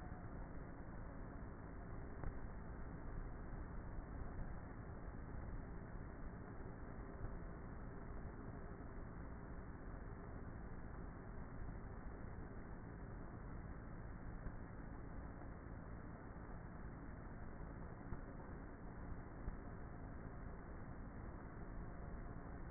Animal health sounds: honeybee colony, microphone inside the hive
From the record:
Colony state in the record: queenless with a low population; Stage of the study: before two queens were removed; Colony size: about 30,000 bees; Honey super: no

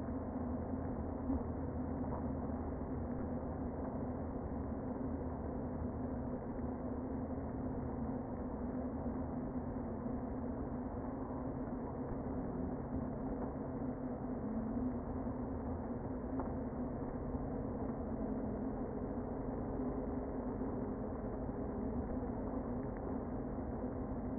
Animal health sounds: honeybee colony, microphone inside the hive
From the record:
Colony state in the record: queen present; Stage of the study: before two queens were removed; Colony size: about 60,000 bees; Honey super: yes

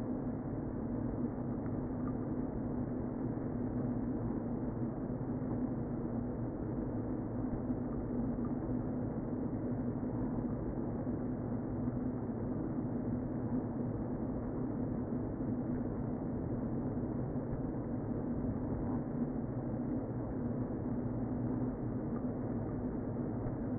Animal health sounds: honeybee colony, microphone inside the hive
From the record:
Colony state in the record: queen present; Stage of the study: before two queens were removed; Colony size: about 60,000 bees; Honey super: yes

